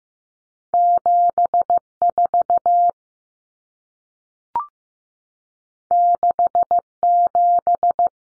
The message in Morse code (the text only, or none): 74 67